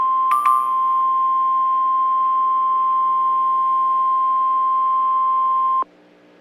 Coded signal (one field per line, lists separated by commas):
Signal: Emergency Alert System (SAME) tones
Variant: 1050 Hz attention tone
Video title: USA EAS alarm Thunderstorm warning ⚠️ 14/10/24